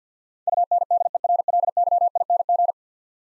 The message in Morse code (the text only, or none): UNDERLYING